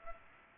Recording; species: mosquito wingbeat signal from an infrared sensor; Culex pipiens